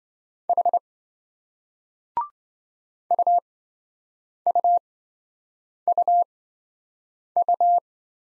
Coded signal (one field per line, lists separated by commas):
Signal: Morse code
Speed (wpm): 27 wpm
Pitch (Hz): 700 Hz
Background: none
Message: H UUUU